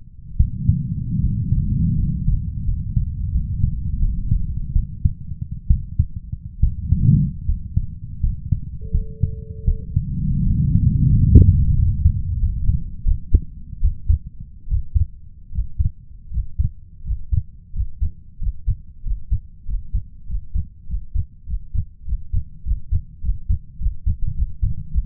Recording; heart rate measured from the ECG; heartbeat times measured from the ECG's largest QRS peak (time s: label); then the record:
heart sounds by stethoscope; 86 bpm
0.36 s: heartbeat
1.20 s: heartbeat
1.95 s: heartbeat
2.64 s: heartbeat
3.31 s: heartbeat
3.99 s: heartbeat
4.72 s: heartbeat
5.67 s: heartbeat
6.60 s: heartbeat
7.45 s: heartbeat
8.20 s: heartbeat
8.91 s: heartbeat
9.64 s: heartbeat
10.43 s: heartbeat
11.09 s: heartbeat
11.74 s: heartbeat
12.38 s: heartbeat
13.04 s: heartbeat
13.80 s: heartbeat
14.67 s: heartbeat
15.51 s: heartbeat
16.30 s: heartbeat
17.03 s: heartbeat
17.72 s: heartbeat
18.38 s: heartbeat
19.03 s: heartbeat
19.65 s: heartbeat
20.26 s: heartbeat
20.86 s: heartbeat
21.45 s: heartbeat
22.04 s: heartbeat
22.63 s: heartbeat
23.21 s: heartbeat
23.78 s: heartbeat
24.34 s: heartbeat
24.90 s: heartbeat
From the record:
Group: healthy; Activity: rest 0-8 s, Valsalva maneuver 8-25 s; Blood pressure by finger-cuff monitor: 98/67 mmHg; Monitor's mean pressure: 76 mmHg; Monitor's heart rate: 85 bpm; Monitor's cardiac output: 6 L/min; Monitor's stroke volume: 71 mL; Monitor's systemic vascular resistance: 900 dyn s/cm5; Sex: male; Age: 21 years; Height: 170 cm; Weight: 71 kg